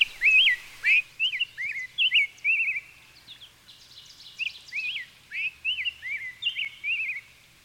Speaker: So I'm going to be lulled to nap time here then by the sounds, the melodious sounds of the rose-breasted grosbeak.